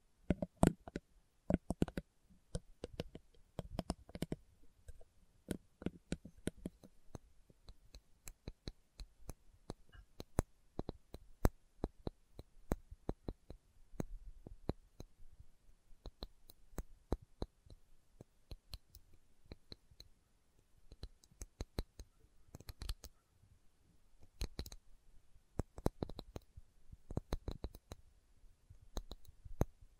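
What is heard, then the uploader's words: Sharp tapping fills the full half minute as crisp, separate clicks, landing irregularly in loose clusters rather than a steady beat. A few taps hit harder and brighter than the rest, and stretches around ten and eighteen seconds thin out before the tapping picks back up. ASMR Slow Tapping for Deep Sleep (No Talking).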